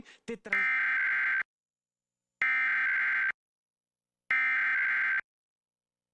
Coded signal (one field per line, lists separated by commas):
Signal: Emergency Alert System (SAME) tones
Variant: header bursts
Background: speech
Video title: [EAS #1476-#1488] A Day of Monthly Tests